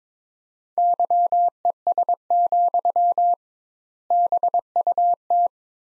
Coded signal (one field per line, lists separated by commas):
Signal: Morse code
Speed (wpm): 22 wpm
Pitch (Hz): 700 Hz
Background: none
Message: YES, BUT